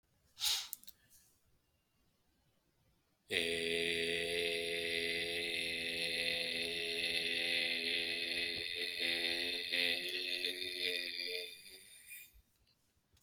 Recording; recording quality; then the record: sustained vowel as in made; excellent, no background noise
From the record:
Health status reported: healthy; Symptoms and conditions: none ticked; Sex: male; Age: 47 years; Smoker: not ticked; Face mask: not worn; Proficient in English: yes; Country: India